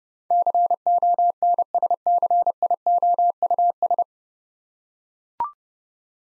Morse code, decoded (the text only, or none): CONSCIOUS